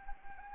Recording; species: mosquito wingbeat signal from an infrared sensor; Anopheles arabiensis